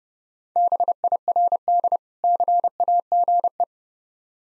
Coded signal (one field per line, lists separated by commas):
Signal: Morse code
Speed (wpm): 32 wpm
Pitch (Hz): 700 Hz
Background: none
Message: BIRD CAGE